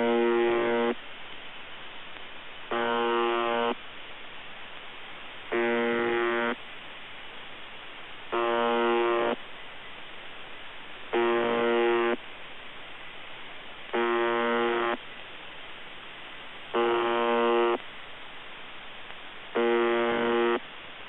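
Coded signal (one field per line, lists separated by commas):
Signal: channel marker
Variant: UVB-76 (The Buzzer)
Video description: UVB-76 "The Buzzer" sounds a bit broken. Received in Denmark with Airspy HF+ and Gqrx SDR on 2017-10-21 23:53z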